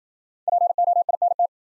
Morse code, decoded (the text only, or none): POINT